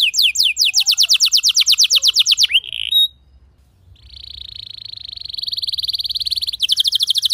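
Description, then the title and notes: Canary song: a quick repeated chirp series, a short gap, then a soft rolling trill that grows louder into rapid notes. Young canary; long-duration song recording used as a lure for training other birds. "Pancingan Kenari Muda Durasi Panjang. masteran kenari"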